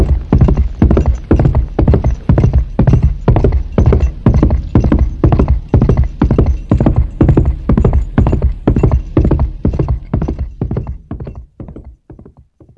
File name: cheval galot